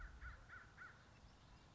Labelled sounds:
American Crow
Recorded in Sonoma County, California

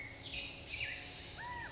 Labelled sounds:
California Quail
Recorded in Sonoma County, California

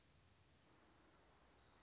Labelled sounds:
Orange-crowned Warbler
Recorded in Sonoma County, California

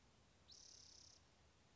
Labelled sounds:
Spotted Towhee
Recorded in Sonoma County, California

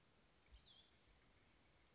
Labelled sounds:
Cassin's Vireo
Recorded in Sonoma County, California

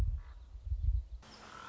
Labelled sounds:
Common Raven
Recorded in Sonoma County, California

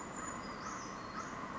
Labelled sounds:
Brown Creeper
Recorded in Sonoma County, California

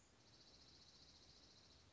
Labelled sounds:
Dark-eyed Junco
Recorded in Sonoma County, California

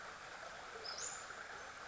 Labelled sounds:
Western Flycatcher
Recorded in Sonoma County, California

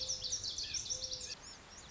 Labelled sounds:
Lazuli Bunting
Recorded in Sonoma County, California

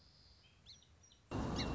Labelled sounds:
Song Sparrow
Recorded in Sonoma County, California

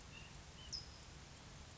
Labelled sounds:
California Towhee
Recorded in Sonoma County, California

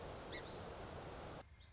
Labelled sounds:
Song Sparrow
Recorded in Sonoma County, California

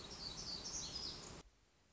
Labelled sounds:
Black-throated Gray Warbler
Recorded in Sonoma County, California

